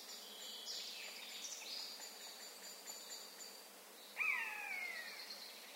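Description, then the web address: Eurasian jay giving a single clear mewing call that slides downward with a lower harmonic, after soft high background sounds. "SETE data Garrulus glandarius"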